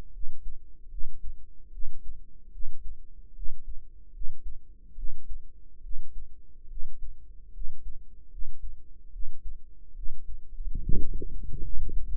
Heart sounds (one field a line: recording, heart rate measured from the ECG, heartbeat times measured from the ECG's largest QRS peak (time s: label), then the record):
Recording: heart sounds by microphone in the right ear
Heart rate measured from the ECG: 73 bpm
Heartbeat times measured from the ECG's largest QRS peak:
0.11 s: heartbeat
0.89 s: heartbeat
1.70 s: heartbeat
2.50 s: heartbeat
3.33 s: heartbeat
4.11 s: heartbeat
4.95 s: heartbeat
5.81 s: heartbeat
6.67 s: heartbeat
7.51 s: heartbeat
8.29 s: heartbeat
9.10 s: heartbeat
9.93 s: heartbeat
10.79 s: heartbeat
11.61 s: heartbeat
From the record:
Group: healthy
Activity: rest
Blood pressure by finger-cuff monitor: 102/66 mmHg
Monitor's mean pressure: 78 mmHg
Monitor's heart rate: 74 bpm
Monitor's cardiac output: 5.8 L/min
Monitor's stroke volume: 78 mL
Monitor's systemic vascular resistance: 990 dyn s/cm5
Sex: female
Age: 22 years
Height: 160 cm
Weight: 45 kg